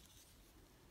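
During transformation of a plastic Transformers Legacy Evolution Voyager Class Comic Universe Tarn action figure, a part is brought down so its plastic tab can be pushed into the middle mating slot. Only soft, steady rustling and scraping handling noise is heard, with no sharp transients. Nothing has seated or clicked yet.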